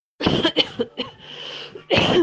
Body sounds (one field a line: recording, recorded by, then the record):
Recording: voluntary cough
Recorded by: messaging app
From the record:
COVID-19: negative